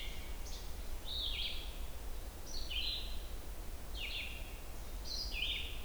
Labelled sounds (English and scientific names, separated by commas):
Red-eyed Vireo (Vireo olivaceus) song